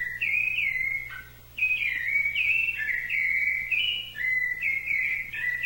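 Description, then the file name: Thrush song: a run of clear, slurred whistled notes that slide up and down, broken by one short pause, over a faint steady low hum. "SABIA"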